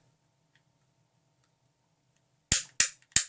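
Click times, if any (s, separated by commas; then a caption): 2.5 s, 2.8 s, 3.2 s. The ball cover over the post-motor filter of a 2015 Dyson DC55 Total Clean (Curry's Exclusive) upright vacuum is screwed down onto the vacuum body until it gives the three loud clicks the manual calls for. After near silence, three sharp, loud clicks sound at 2.5, 2.8 and 3.2 seconds, and the cover is locked in place.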